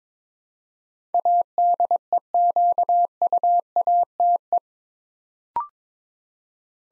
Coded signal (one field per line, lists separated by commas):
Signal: Morse code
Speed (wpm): 22 wpm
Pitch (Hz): 700 Hz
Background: none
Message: ADEQUATE